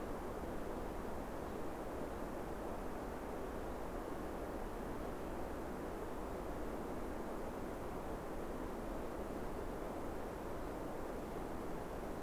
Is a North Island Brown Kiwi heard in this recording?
no